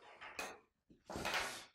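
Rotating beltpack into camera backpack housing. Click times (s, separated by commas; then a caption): 0.4 s. A detachable rotating beltpack section is slid back into its housing in a MindShift Gear Rotation 180 Professional camera backpack and pops into place easily. One sharp click at 0.4 s marks it seating, followed by rustling handling noise. Someone talks.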